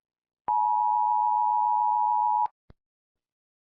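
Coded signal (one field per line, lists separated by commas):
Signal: Emergency Alert System (SAME) tones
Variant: 853 and 960 Hz attention tone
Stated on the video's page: Fictional EAS scenario for a made-up hurricane.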